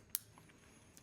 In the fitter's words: into the device until you hear that click.